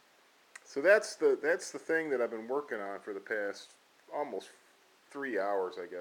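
A self-defense key fob clip is released from its lever holder, giving a single sharp tick at 0.6 s. Someone then talks through most of the rest of the clip.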